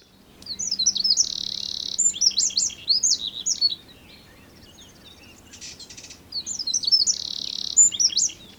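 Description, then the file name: Eurasian wren song: two loud bursts of very high, rapid trills and sharp notes with a steady buzzy rattle, separated by a few seconds of quiet; faint low hum beneath. "Troglodytes troglodytes"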